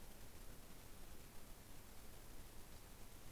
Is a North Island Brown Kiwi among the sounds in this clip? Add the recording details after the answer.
no. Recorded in New Zealand on 25 November 2015. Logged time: 01:28. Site CH66